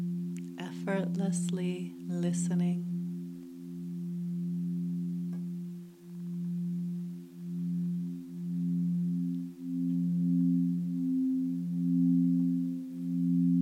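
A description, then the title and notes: Tibetan singing bowls hum with a low, steady tone that pulses in slow waves, after a brief burst of bright clattering strikes at the start. Tibetan Singing Bowls.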